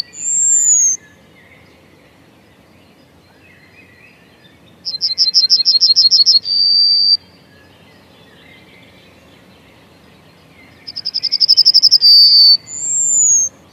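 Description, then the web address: Yellowhammer songs, two full phrases: a rapid rattle of high repeated notes closing with a long, level, thin note; short high whistles heard at the start and end. "Przyroda Ptaki Trznadal"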